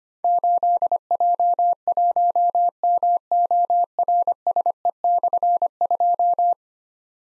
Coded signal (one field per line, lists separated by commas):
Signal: Morse code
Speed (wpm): 25 wpm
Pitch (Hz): 700 Hz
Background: none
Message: 8J1MORSE/2